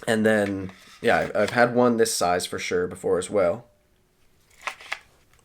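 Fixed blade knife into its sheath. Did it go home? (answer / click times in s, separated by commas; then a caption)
yes / 4.7 s, 4.9 s. Someone talks for about the first 3.6 seconds, then, after a short quiet pause, a USSF Ka-Bar fixed-blade knife is pushed into its hard sheath. It snaps into place with two sharp clicks at 4.7 and 4.9 seconds, seated firmly with no real wobble.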